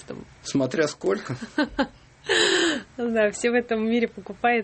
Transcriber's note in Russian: смеется